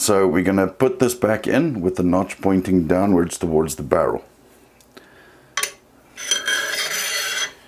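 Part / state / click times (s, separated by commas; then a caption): gas tube into rifle front end / not seated / none. Someone talks while holding the metal gas tube of an M+M M10X-Z rifle with its notch pointing downward toward the barrel, ready to push it back into the front end. After the talking stops, a sharp metallic tap at about 5.6 s and a longer scraping, rasping handling sound from about 6.3 to 7.5 s follow. Nothing has seated or clicked yet; the tube is still being handled before it goes home.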